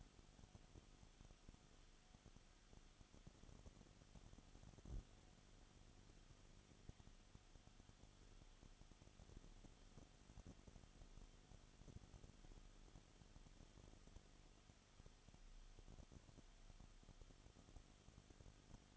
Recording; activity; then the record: daily activity, microphone in the room; no activity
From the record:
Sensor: 4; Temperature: 22.7 degrees Celsius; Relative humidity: 31.7%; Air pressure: 995.4 hPa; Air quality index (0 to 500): 158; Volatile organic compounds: 2 ppm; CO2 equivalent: 1256 ppm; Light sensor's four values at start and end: 2/3/1/1 and 2/3/1/1